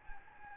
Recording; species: mosquito wingbeat signal from an infrared sensor; Anopheles gambiae